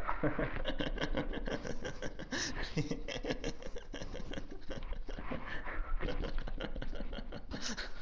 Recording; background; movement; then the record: laughter; quiet; walking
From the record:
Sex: male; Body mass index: 22.0 kg/m2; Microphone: on the chest, facing the body